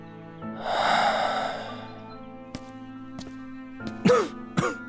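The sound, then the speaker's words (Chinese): Low, hoarse coughing held back, coming from a study, starting with a long raspy rush of breath, then a few faint clicks and two short, strained coughs near the end, with no talking. “只是他踏出院门时，到底听到了书房里压抑的惊心的咳嗽声，那迟钝低哑的声音直让人心底发酸。”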